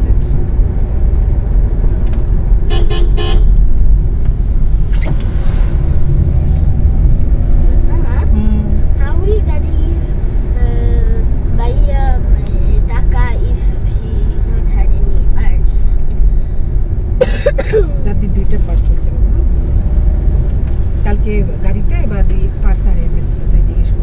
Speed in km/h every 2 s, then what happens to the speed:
44, 36, 29, 33, 40, 44, 42, 35, 32, 35, 35, 28.
0-3 brakes to 29. 5-11 speeds up to 44. 11-15 slows to 32. 15-20 steady at about 35. 20-24 slows to 28.